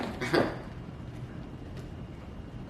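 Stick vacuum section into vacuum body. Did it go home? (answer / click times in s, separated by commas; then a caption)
yes / 0.3 s. Two plastic sections of a new Bissel 3-in-1 stick vacuum are pushed together into the vacuum body until they lock, giving a short, sharp click at 0.4 s. Quiet background noise follows, and the section is seated.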